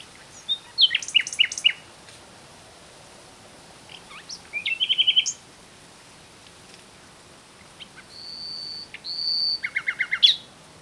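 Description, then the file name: Common nightingale song in varied phrases: sharp chips and quick trills, a rapid run of notes, then level high whistles followed by fast repeated notes, with short pauses between. "Luscinia megarhynchos"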